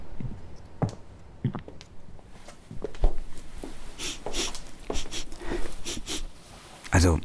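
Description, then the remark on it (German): A series of short, breathy sniffs at a strange smell, quick nasal inhales repeated in uneven bursts, fairly soft over faint background noise. “Irgendwie riecht's hier komisch.”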